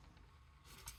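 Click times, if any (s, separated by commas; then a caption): none. A plastic panel of a transforming action figure is handled and pushed toward its place in the figure's body, with faint rubbing and scraping that grows brighter near the end and a short sharp burst of contact noise at about 0.9 s. Nothing has seated or clicked into place yet.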